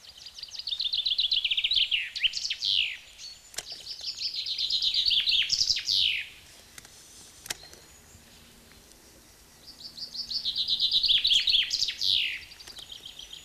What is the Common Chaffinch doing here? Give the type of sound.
song